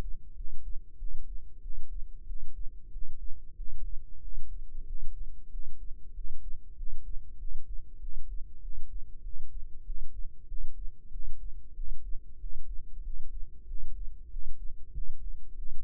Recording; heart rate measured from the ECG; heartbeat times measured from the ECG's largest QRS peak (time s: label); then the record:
heart sounds by microphone in the left ear; 95 bpm
0.34 s: heartbeat
0.96 s: heartbeat
1.60 s: heartbeat
2.25 s: heartbeat
2.90 s: heartbeat
3.54 s: heartbeat
4.20 s: heartbeat
4.85 s: heartbeat
5.49 s: heartbeat
6.12 s: heartbeat
6.75 s: heartbeat
7.37 s: heartbeat
7.98 s: heartbeat
8.60 s: heartbeat
9.21 s: heartbeat
9.83 s: heartbeat
10.46 s: heartbeat
11.10 s: heartbeat
11.73 s: heartbeat
12.38 s: heartbeat
13.01 s: heartbeat
13.65 s: heartbeat
14.29 s: heartbeat
14.92 s: heartbeat
15.54 s: heartbeat
From the record:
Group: healthy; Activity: rest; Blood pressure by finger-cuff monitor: 97/68 mmHg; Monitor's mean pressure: 77 mmHg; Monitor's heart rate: 96 bpm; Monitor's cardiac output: 7.6 L/min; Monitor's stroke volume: 79 mL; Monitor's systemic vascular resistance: 730 dyn s/cm5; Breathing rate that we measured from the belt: 19 breaths a minute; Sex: male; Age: 19 years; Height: 178 cm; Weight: 83 kg